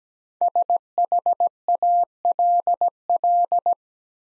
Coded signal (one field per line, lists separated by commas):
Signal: Morse code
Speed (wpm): 17 wpm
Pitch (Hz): 700 Hz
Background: none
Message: SHALL